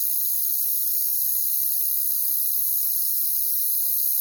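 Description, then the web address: Crickets trilling in a dense, steady high-pitched chorus that runs without a break throughout. Jungle setting. "Echoes of Nature - Jungle Talk Crickets"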